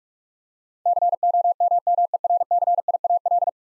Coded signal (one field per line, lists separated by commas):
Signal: Morse code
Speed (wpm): 42 wpm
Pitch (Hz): 700 Hz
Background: none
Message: COMMERCIAL